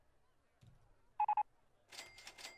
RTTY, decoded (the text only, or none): none